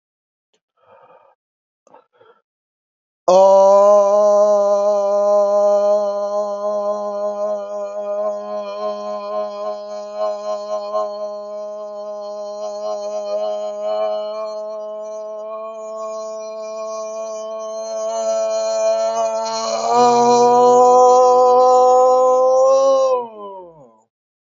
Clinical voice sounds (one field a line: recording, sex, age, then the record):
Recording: vowel held as long as possible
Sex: male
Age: 40 to 49 years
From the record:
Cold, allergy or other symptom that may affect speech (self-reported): no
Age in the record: 40 years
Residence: Georgia, United States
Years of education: 18